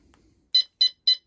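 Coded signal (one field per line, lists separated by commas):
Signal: alarm pattern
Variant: Phantom caravan alarm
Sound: three short, buzzy, evenly spaced electronic beeps after a faint click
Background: quiet room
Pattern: 3 short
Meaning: Three beeps confirm the alarm system is disarmed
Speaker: the one at the top there that's three beeps of disarmed the system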